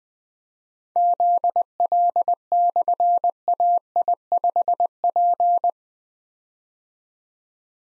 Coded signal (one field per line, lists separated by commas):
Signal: Morse code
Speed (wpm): 20 wpm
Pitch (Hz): 700 Hz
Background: none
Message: ZL/AI5P